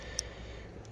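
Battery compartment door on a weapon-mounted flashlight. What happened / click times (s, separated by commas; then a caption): The battery door snapped shut / 0.2 s. The battery compartment door on a metal Surefire X300U weapon-mounted flashlight is closed, giving a single sharp snap at 0.2 s against a quiet background, with a faint tick near 0.9 s. The door seats, closing up tight to keep the light waterproof.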